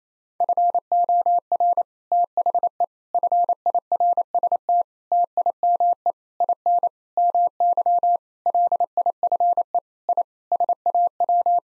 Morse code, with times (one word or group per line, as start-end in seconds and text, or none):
0.4-1.8 FOR
2.1-2.8 THE
3.1-4.8 FIRST
5.1-6.1 TIME
6.4-6.9 IN
7.2-8.2 MY
8.5-9.8 LIFE
10.1-10.2 I
10.5-11.6 SAW